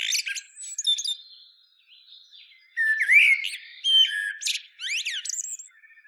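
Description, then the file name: Common blackbird song with rich fluted warbles and rapid, thin high-pitched twittering flourishes, a brief quieter lull in the middle. "Turdus merula"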